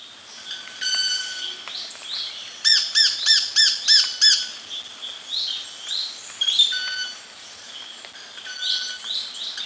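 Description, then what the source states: Club-winged Manakin call: brief ringing harmonic tones, then a fast run of several pulsed notes, amid many high chirps and rising whistles from other birds. Recorded in Ecuador.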